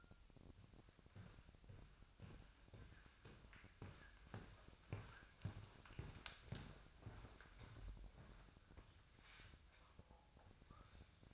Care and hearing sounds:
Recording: daily activity, microphone in the room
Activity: walk to room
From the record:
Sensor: 2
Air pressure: 999.3 hPa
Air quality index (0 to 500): 193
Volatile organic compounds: 25 ppm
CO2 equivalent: 2850 ppm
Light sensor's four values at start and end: 7/17/7/7 and 7/16/6/7

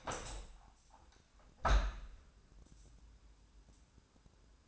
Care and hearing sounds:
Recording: daily activity, microphone in the room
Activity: open window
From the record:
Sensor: 2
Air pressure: 1000.3 hPa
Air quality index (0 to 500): 134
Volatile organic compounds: 2 ppm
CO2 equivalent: 1114 ppm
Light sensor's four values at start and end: 11/30/11/13 and 12/31/12/14

